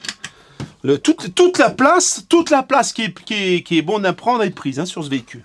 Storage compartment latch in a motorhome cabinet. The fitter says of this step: voilà et là ça se verrouille également le